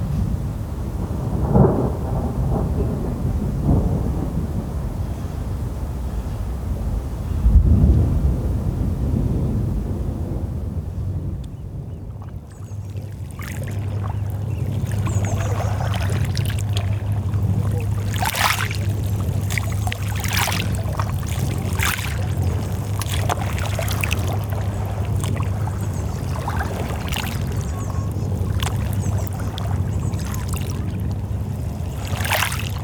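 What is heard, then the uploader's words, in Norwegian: Water heard in changing stages. At first a dense, low rushing with heavy thumps near 2 and 8 seconds; around 12 seconds it shifts to a steady low hum with frequent sharp, bright splashes and drips scattered irregularly to the end. Lyder av vann i flere stadier.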